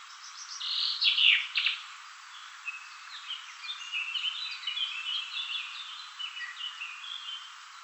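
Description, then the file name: Common chaffinch song, a brief loud burst of descending notes with a final flourish, followed by a steady chorus of thin whistles and chirps from other birds. "Fringilla coelebs"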